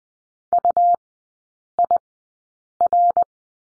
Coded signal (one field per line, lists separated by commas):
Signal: Morse code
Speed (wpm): 20 wpm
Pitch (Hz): 700 Hz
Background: none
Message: UIR